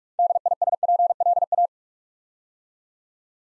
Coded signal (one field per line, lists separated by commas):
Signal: Morse code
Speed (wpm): 44 wpm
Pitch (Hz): 700 Hz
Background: none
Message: DISPLA